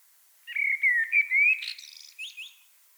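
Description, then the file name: Common blackbird: a smooth, rich whistled phrase of slurred notes, followed by a sharper burst of high, squeaky twittering. "Turdus merula"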